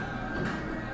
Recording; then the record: background sound without coughing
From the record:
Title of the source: 60 minutes of coffee shop sounds for study and concentration